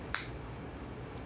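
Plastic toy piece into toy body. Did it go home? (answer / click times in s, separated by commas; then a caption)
yes / 0.1 s. A plastic toy piece is pushed into place on a plastic toy body during assembly. A single sharp snap is heard at 0.1 s over a faint steady background. The piece snaps and locks in place.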